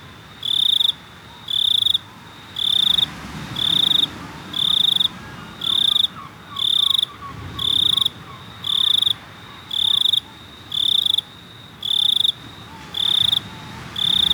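Cricket chirping in regular half-second bursts of shrill buzzy trills, about one burst per second, with a faint steady high tone between them.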